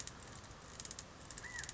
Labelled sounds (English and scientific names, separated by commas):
California Quail (Callipepla californica)